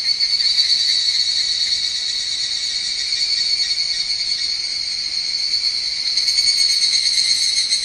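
Higurashi cicada calling, a shrill high-pitched ringing drone with fast rhythmic pulsing, holding steady throughout and swelling slightly toward the end.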